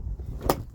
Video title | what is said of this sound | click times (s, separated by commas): Globecar Summit Prime 640 Handover Video | There's the click. Give it a quick tug. Make sure it's secure at home. That's it now in place. | 0.5 s